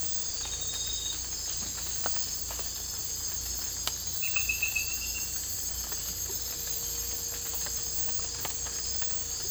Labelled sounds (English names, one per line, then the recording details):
none
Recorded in dense forest near Puerto Asís, Putumayo, Colombia, on 18 December 2024 at 02:00
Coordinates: 0.484, -76.317
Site G026